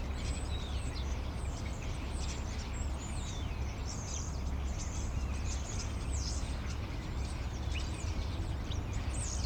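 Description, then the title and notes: Common starlings in a flock give a dense run of high whistles, squeaks and clicks, heard over constant low-pitched background hum. Several starlings perched on a crane in an inner courtyard at Rue Tasson-Snel 9, Saint-Gilles, Belgium; recorded with a Sony PCM-M10. "Rue Tasson-Snel 9, 1060 Saint-Gilles, Belgique - Étourneaux - Starlings. Étourneaux sur une grue, intérieur dîlot. Starlings on a crane, Inner courtyard"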